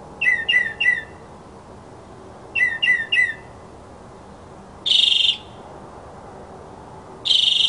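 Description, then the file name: Mockingbird song with quick triplets of bright chirps, repeated after a pause, followed by two longer harsh buzzy bursts. Mockingbird song presented as masteran, a tutor recording for training songbirds. "suara masteran mockingbird"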